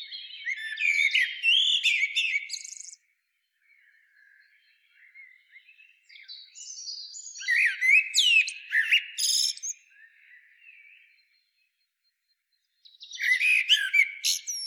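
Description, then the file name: Common blackbird song in bursts of rich warbling mixed with high scratchy twitters, separated by quiet pauses of a few seconds. "Turdus merula"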